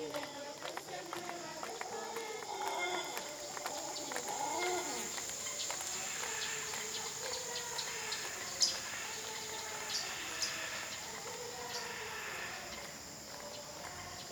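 A jungle soundscape with a steady high insect drone running throughout, under a busy layer of chirps and short calls. Curving, bird-like whistles rise and fall through the first five seconds, and a few sharp clicks stand out near 9 and 10 seconds.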